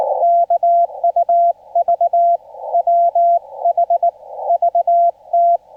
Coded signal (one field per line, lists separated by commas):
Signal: Morse code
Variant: Korean alphabet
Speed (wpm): 19 wpm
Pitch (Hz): 690 Hz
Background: none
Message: 일 부 러